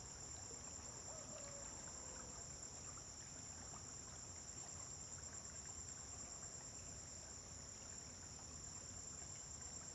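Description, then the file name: Crickets keep up a dense, level high-pitched ringing, accompanied by a faint brief whistle near the start and a low background rumble. Recorded at dawn on a farm, with vehicles passing on a distant road. "Amanhecer na fazenda com grilos veiculos passando em estrada longe"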